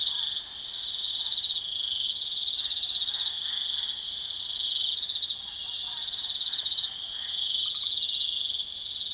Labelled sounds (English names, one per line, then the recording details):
none
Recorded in pastures near Puerto Asís, Putumayo, Colombia, on 22 June 2025 at 21:30
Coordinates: 0.502, -76.324
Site G010